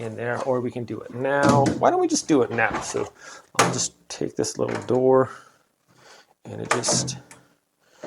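Someone talks while handling the small swinging door meant for the entry opening of a stainless steel URpower litter box lid, with soft handling sounds between the words. The clip ends before the door goes home, so nothing has seated or clicked yet.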